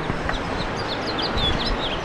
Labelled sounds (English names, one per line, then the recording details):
House Finch song
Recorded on Long Island, New York, on 1 June 2012
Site JH
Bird D